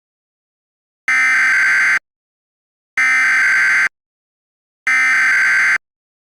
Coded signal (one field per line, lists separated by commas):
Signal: Emergency Alert System (SAME) tones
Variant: header bursts